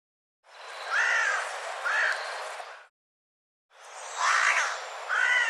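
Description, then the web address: Bird calling in two bursts, each holding a pair of arched, nasal, somewhat harsh notes. "birddata Deverinetal 2025 Bird Co Co Co Co"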